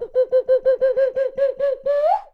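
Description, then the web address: Bird call: a rapid, even run of many short hooting, harmonic notes, ending in one longer note that rises in pitch. Jungle bird calls. "Voice Crystal - Steve Reid Definitive Percussion BIRD CALLS"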